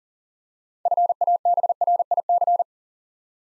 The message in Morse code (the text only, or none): FABRIC